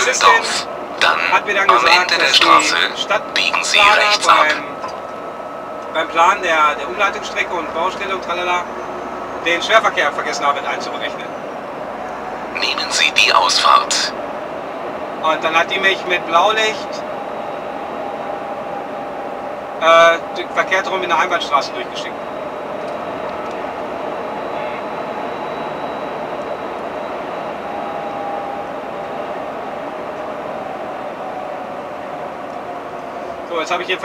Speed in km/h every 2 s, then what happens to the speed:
66, 65, 64, 66, 71, 75, 79, 81, 82, 81, 83, 86, 86, 83, 80, 75, 67.
4-12 speeds up to 79. 12-24 steady at about 82. 24-34 slows to 67.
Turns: none.